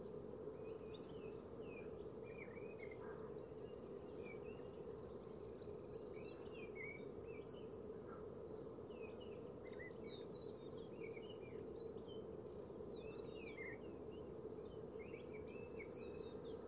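Birds sing and chirp throughout over vineyard fields, short bright twittering phrases overlapping from several birds. Beneath them runs a steady low rumbling hiss, constant and dense, with no pauses across the whole stretch.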